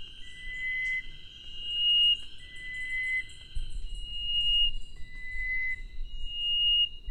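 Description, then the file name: Chestnut-breasted wren song of spaced, clean whistles alternating low and high, against a steady high insect-like tone, faint chirps and a low background rumble. "cyphorhinus thoracicus"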